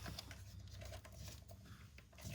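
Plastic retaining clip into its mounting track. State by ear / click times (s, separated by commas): not seated / none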